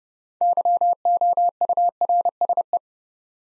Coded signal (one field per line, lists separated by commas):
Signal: Morse code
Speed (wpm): 29 wpm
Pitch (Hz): 700 Hz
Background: none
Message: YOURSE